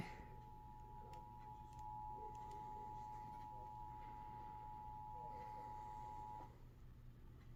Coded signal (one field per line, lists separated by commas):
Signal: Emergency Alert System (SAME) tones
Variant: 853 and 960 Hz attention tone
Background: speech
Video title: WEEKLIES TESTINGS... EAS Alerts From 11/25 - 11/27/24 (EAS#1,973 - #1,985)